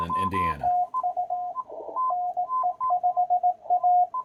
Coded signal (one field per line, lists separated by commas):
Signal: Morse code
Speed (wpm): 18 wpm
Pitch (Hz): 720 Hz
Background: speech, radio noise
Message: TU NE5A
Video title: The SST! Slow Speed Morse Code at 20 wpm???